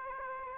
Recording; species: mosquito wingbeat signal from an infrared sensor; Aedes aegypti